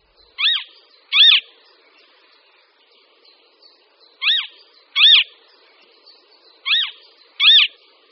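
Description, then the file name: Western marsh harrier calling in three doublets of bright, high, downward-slurred notes, with pauses between the pairs. "Moták-pochop"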